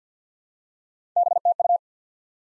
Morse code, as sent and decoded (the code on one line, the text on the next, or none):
-... - ..-
BTU